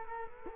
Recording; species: mosquito wingbeat signal from an infrared sensor; Culex quinquefasciatus